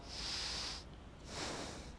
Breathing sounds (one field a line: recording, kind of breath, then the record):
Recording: one breath in and out by a microphone near the nose and mouth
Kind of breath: deep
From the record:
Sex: male